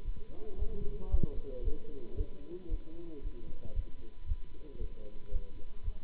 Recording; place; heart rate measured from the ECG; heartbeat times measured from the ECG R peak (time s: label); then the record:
heart sounds by stethoscope; between the tricuspid and mitral areas; 114 bpm
0.03 s: heartbeat
0.56 s: heartbeat
1.09 s: heartbeat
1.62 s: heartbeat
2.15 s: heartbeat
2.68 s: heartbeat
3.20 s: heartbeat
3.73 s: heartbeat
4.25 s: heartbeat
4.78 s: heartbeat
5.30 s: heartbeat
5.82 s: heartbeat
From the record:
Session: Bruce protocol treadmill stress test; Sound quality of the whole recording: good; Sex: male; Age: 26 years